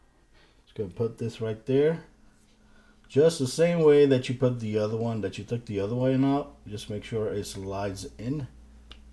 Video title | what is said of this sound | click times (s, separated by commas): Upgrading Dell XPS 15 to 1TB NVMe SSD | there you go slide in you feel a little click there and that's it | 8.9 s